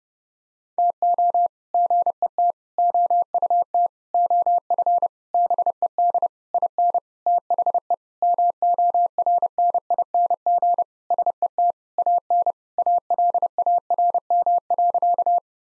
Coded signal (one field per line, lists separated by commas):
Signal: Morse code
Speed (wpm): 30 wpm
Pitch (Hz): 700 Hz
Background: none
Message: TO GET OUT OF BED IN THE MORNING SET AN ALARM.